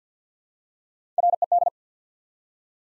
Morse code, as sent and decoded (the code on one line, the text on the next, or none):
.-. . -..
RED